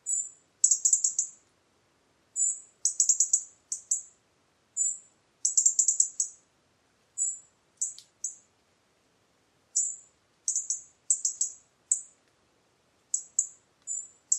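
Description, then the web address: European robin, a steady run of very high, thin notes and rapid ticking clusters in repeated bursts, with no other sounds. "Deverinetal 2025 File origin Bird Only Er Ru"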